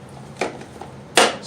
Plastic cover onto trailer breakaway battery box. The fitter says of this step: connects on snaps